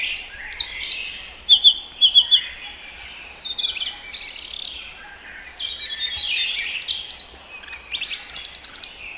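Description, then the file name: Blue-throated flycatcher song: high, sweet phrases with quick repeated upslurred notes and short trills, several bursts with brief pauses, over a soft hiss. "sikatan blue throated omkicau"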